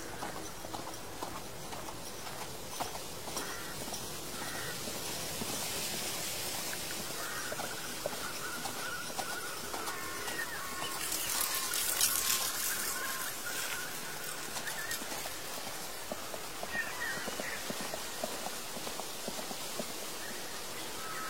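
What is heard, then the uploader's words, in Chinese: Horse hooves clip-clop steadily over a constant rustle, with faint bird calls, a brief brighter hiss around twelve seconds, and thin tonal lines. 秋天古道夕阳下的马蹄声、落叶声、远处的深山鸟鸣和古寺钟声。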